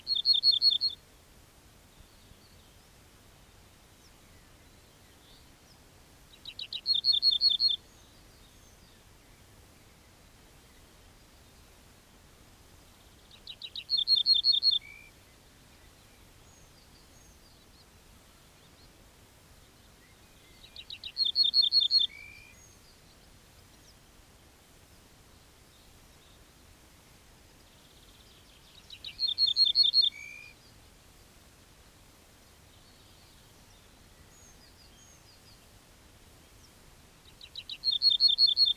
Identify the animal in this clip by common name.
Ortolan Bunting